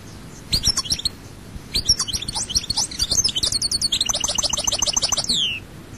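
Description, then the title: European goldfinch song building from scattered high chirps into a continuous liquid twitter with a rolling trill, ending in a falling note. "Chant Chardonneret"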